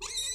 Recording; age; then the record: pig call; weaner (32 to 43 days)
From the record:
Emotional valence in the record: negative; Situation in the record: short isolation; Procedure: open field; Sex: female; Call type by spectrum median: high-frequency call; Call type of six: high-frequency stable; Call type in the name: high-frequency stable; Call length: 0.34 s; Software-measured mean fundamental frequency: 454 Hz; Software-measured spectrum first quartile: 3551 Hz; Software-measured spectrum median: 5362 Hz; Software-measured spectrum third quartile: 7555 Hz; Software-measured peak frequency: 3766 Hz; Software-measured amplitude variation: 104 dB a second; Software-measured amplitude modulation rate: 18.9 a second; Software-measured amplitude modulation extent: 5.5 dB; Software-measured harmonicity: 10.0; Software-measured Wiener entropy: -2.96